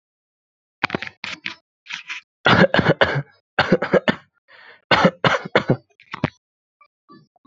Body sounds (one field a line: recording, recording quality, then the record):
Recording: shallow voluntary cough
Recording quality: excellent, no background noise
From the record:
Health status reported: healthy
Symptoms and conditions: hypertension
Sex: male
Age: 27 years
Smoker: not ticked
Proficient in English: yes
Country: India